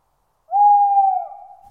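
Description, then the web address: Tawny owl giving a single long, steady hoot, fading out at the end. "bird tawny owl"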